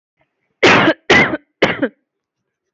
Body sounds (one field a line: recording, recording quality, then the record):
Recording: heavy voluntary cough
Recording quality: excellent, no background noise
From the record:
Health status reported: healthy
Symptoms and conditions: none ticked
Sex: female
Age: 23 years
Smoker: not ticked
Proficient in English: yes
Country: India